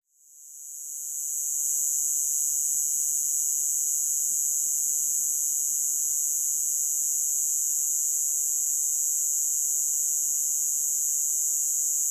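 Cicada buzzing as a steady, very high-pitched hissing drone that swells in over the first two seconds and then holds unbroken, with a faint thin tone beneath.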